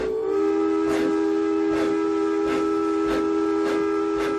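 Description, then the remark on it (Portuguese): The whistle of an illuminated train coming from the opposite direction holds one steady, piercing tone throughout, loud and unbroken, while six rhythmic hissing chuffs of steam pulse underneath at a regular pace. “E apitou, vindo em sentido inverso, um outro trem iluminado.”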